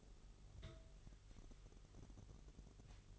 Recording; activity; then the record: daily activity, microphone in the room; take from stove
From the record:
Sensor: 4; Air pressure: 989.1 hPa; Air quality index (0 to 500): 210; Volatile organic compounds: 58 ppm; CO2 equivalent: 3394 ppm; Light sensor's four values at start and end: 29/99/37/38 and 29/98/36/38